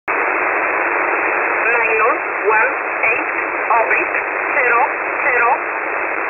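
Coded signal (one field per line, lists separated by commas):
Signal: numbers station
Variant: E11 Oblique, English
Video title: E11 Oblique 30/01/2024 1430 UTC 13363kHz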